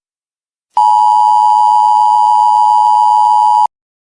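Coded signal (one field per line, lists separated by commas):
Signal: Emergency Alert System (SAME) tones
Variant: 853 and 960 Hz attention tone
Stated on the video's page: Compilation of six homemade EAS scenario videos, fictional alerts.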